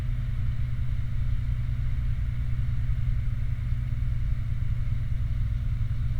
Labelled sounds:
vehicle

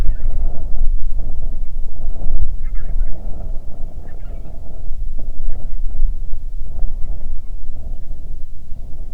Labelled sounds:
waterfowl
wind

